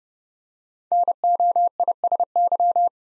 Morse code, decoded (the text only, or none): NOISY